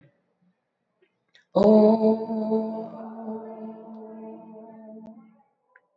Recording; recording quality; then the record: sustained vowel as in boot; excellent, no background noise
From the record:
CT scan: not taken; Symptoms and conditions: sore throat, muscle pain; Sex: female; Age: 21 years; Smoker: no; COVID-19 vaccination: both doses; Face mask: not worn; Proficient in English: yes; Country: India